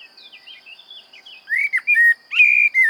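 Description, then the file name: Common blackbird song, soft twitters first, then loud rich fluty whistles with sliding notes. "Turdus merula"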